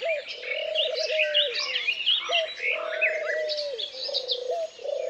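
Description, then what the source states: Birds chattering and chirping at high pitch, while a lower wavering whistle runs almost continuously underneath. Forest ambience.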